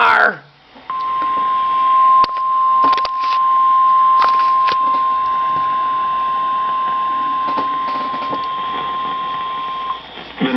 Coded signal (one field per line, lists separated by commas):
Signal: Emergency Alert System (SAME) tones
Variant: 1050 Hz attention tone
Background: speech